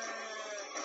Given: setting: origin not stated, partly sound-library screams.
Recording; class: one-second piece from a danger detection set; woman in danger